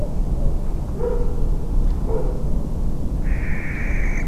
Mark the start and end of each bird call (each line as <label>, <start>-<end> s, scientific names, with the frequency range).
Tyto alba (1.1-7.1 kHz), 3.22-4.25 s